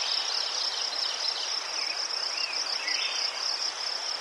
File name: les sverchki ptici i shum reki vdaleke